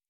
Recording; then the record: hydrophone in a shrimp aquaculture tank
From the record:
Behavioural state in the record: normal